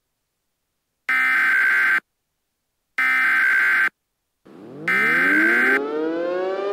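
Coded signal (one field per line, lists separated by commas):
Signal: Emergency Alert System (SAME) tones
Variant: header bursts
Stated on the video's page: Fictional EAS scenario, not a real alert.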